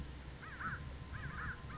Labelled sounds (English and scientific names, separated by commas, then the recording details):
American Crow (Corvus brachyrhynchos)
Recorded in Sonoma County, California